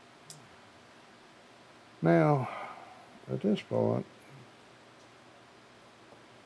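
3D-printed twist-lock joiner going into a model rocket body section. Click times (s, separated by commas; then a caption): 0.3 s. A 3D-printed plastic twist-lock joiner is turned into a modular model rocket body section until it locks. A single sharp click is heard at 0.3 s as it seats into place, and then someone talks.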